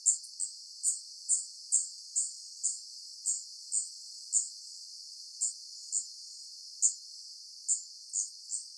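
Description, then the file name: Daurian redstart calls: many short, very high, thin notes repeated at an uneven pace over a faint steady hiss. Recorded in Hyogo on 8 August 2016. "jobitaki 160808 hyogo kuroda"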